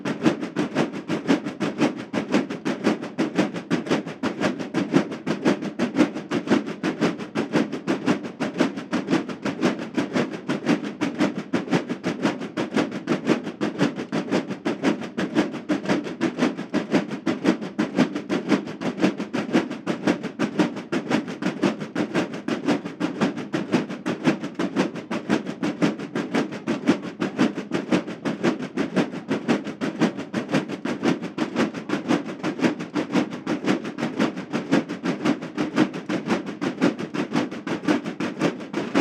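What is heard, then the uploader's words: A military march band plays in an open plaza, its drums beating fast and regular without a break for the whole stretch. The sound is dense and steady, centered in a warm low-middle range, with a rattling, rolling quality and no clear pauses or changes in loudness. War Band At Zocalo At Plaza De La Paz. Walking downtown I ran into this military march in the middle of Plaza de la Paz.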